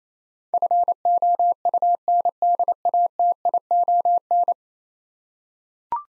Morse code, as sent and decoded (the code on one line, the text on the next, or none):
..-. --- ..- -. -.. .- - .. --- -.
FOUNDATION